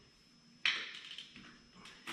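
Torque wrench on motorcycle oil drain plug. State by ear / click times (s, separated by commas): torque reached / 0.7 s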